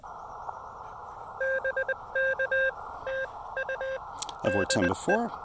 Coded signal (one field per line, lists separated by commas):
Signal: Morse code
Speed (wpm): 20 wpm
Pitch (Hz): 530 Hz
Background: speech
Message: BK TU DE